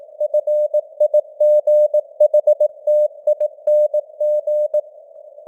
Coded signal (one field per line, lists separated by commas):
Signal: Morse code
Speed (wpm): 18 wpm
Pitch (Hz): 600 Hz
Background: none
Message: FIGHTING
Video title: Morse Code News | 2025-12-27 | 18wpm